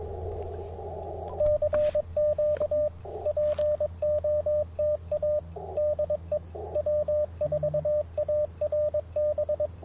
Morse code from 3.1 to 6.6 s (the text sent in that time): POTA DE